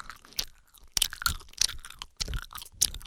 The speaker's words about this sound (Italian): Uno mastica la gomma così fa veramente venire nervoso.